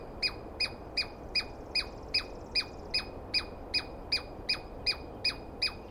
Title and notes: On the morning of 21 April, 2017, I set up my microphones and recorder for a nice dawn recording in the East Cascades. I was started awake by a screaming Douglas Pine Squirrel.